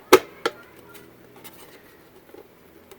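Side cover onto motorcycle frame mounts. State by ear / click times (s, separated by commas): seated / 0.1 s, 0.5 s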